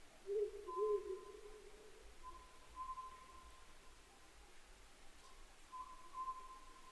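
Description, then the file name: Oriental scops owl giving level whistled notes at one pitch, with a louder, lower hooting sound near the start and a steady low background hum. 22 May 2010, 21:06. "konohazuku-20100522-2106"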